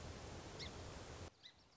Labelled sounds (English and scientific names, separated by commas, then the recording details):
Song Sparrow (Melospiza melodia)
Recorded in Sonoma County, California